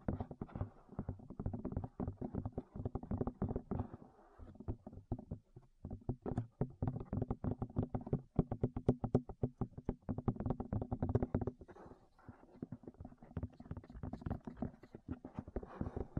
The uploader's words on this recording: ASMR Tap Your Ears 3Dio (No Talking).